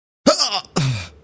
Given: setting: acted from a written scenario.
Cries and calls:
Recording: vocal sound without words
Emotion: pain

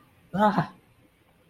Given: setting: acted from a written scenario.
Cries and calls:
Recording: vocal sound without words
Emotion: negative surprise

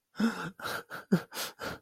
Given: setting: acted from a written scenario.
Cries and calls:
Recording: vocal sound without words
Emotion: sadness

